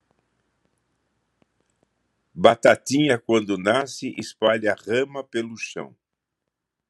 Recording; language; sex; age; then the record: short text; Brazilian Portuguese; male; 70 to 79 years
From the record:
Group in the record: control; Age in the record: 79 years